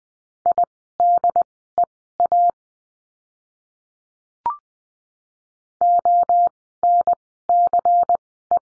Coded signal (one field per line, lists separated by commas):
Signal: Morse code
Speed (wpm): 20 wpm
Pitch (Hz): 700 Hz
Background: none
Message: IDEA ONCE